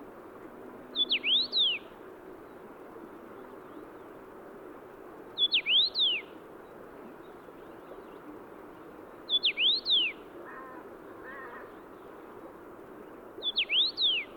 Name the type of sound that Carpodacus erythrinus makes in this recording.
song